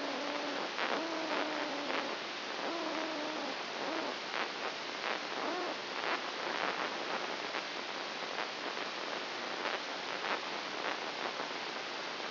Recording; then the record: brain microelectrode recording played as sound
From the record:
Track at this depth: inside the subthalamic nucleus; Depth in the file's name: 3.002 mm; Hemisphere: right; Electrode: 2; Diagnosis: Parkinson's disease